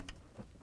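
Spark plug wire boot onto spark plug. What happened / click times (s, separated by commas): The spark plug wire boot clicked onto the plug / 0.1 s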